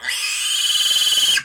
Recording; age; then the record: pig call; piglet (1 to 25 days)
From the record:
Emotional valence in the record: negative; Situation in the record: castration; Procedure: castration, cut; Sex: male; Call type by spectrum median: high-frequency call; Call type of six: high-frequency modulated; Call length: 1.46 s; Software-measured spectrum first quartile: 2972 Hz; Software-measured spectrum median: 3890 Hz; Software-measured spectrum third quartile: 6944 Hz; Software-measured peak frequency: 3043 Hz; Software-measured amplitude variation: 143 dB a second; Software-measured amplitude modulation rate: 21.7 a second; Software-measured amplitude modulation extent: 6.6 dB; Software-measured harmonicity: 4.2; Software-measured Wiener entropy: -2.49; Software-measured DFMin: 665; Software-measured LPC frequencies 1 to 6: 1628, 3084, 4484, 4856, 6823, 8491 Hz